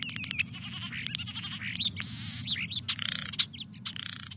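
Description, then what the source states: European starling song, a varied run of clicks, rattles and high pure whistles, with several sustained high whistles and one sliding downward, in quick succession. Starlings singing outside the mating context, not to attract a mate or repel a competitor, possibly because singing is intrinsically rewarding.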